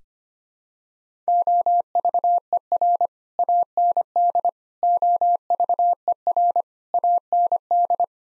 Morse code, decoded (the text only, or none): OVER AND OVER AND